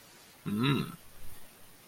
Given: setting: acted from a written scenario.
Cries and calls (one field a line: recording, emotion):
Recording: vocal sound without words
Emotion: desire